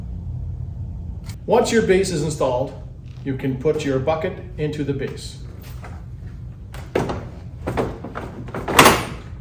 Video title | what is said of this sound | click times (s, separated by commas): Rear-Facing Only Installation (RFO, Infant seat, Baby bucket) | you will always hear an audible click just like you heard the base and the bucket | 8.8 s